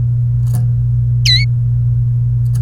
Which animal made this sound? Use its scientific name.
Serinus canaria